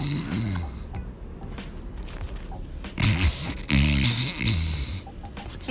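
Adult man imitating snoring: first an ordinary snore, then a heavier, louder snore, mimicking a colleague's very loud snoring in a dressing room before a rakugo show.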